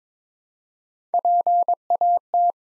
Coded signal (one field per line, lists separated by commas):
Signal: Morse code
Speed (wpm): 22 wpm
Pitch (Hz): 700 Hz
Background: none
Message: PAT